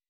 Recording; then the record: hydrophone in a shrimp aquaculture tank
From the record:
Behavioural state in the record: weakened